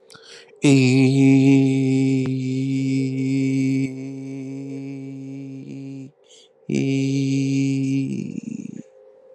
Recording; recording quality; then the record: sustained vowel as in beet; excellent, no background noise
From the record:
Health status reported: healthy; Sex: male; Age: 25 years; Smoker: yes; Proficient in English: yes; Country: India